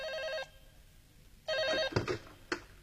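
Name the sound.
telephone ringing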